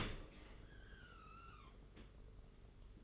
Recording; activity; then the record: daily activity, microphone in the room; open dishwasher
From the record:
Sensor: 4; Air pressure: 992.1 hPa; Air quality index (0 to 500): 108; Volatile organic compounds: 17 ppm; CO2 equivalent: 2596 ppm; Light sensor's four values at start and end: 23/78/28/30 and 23/78/28/30